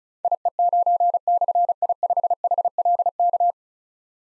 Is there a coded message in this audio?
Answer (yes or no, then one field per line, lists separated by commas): yes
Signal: Morse code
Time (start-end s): 0.2-3.5 s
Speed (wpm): 36 wpm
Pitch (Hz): 700 Hz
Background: none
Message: IE9/I5HLK